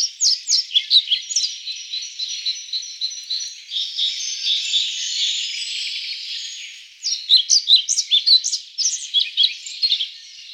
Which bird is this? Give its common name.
European Pied Flycatcher